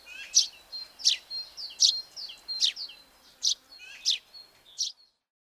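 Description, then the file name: Eurasian tree sparrow chirping, with short sharp high chirps repeated roughly every three-quarters of a second, each followed by softer thin notes. "Zvuki ptic - Polevoj vorobej"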